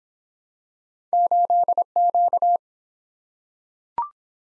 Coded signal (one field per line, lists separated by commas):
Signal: Morse code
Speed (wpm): 22 wpm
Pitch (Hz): 700 Hz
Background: none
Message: 8Q